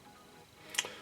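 A plastic part of a 1/8 scale Altaya K2000 model car is fitted inside its mating plastic part, with its two small pegs facing the right way. After a quiet lead-in, a single sharp snap is heard at 0.8 s. The part seats and fits together well.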